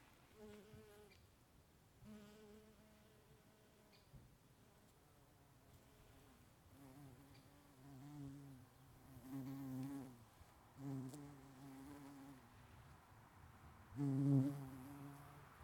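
Bees buzzing, a low droning hum that swells and fades in waves, growing louder toward the end.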